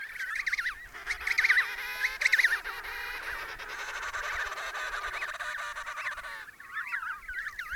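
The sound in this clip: Penguins calling in a busy colony, loud harsh trumpeting bursts early on, then a steady overlapping chorus with sharp wavering calls returning at the end.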